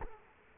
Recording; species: mosquito wingbeat signal from an infrared sensor; Culex quinquefasciatus